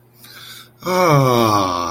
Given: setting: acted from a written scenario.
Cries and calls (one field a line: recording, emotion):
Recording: vocal sound without words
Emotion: contentment